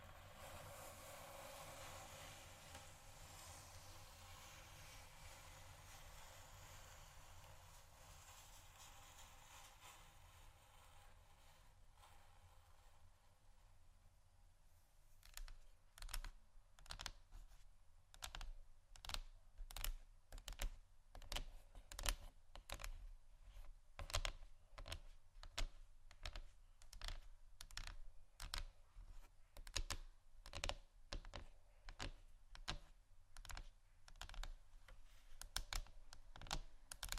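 Fingers tap and scratch on a table surface. The first fifteen seconds hold a soft, steady scraping hiss that slowly fades, then quick, sharp taps take over, irregular and fairly dense, like typing, with a low hum underneath throughout.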